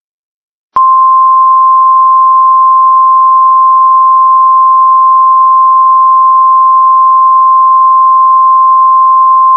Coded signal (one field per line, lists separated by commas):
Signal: Emergency Alert System (SAME) tones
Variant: 1050 Hz attention tone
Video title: FAKE EAS Blizzard Warning Los Angeles